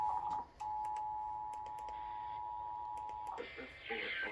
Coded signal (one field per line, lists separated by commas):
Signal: Emergency Alert System (SAME) tones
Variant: 853 and 960 Hz attention tone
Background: speech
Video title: eas A surprise cae Eas #239 Eas#240